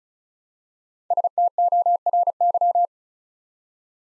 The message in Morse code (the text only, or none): STORY